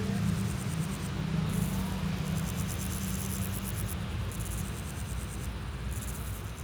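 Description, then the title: Grasshoppers producing high, quickly ticking bursts with short breaks between them, over a low rumble of traffic. Sunny day at Pins Noirs, Chaussée de Tervueren, Auderghem, Brussels, Belgium, with car traffic passing; recorded with DPA 4060 microphones in AB position into a Zoom F3. "Chaussée de Tervueren, Pins Noirs, Auderghem, Bruxelles-Capitale, 1160, Belgique - Sauterelles - Grasshoppers"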